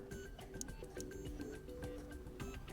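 A microSD card is handled and pushed at a slight angle toward the card slot under the black cover of a Xiaomi Smart C701 security camera. Faint sharp ticks and brief scrapes sound over steady background music. Nothing has seated or clicked yet.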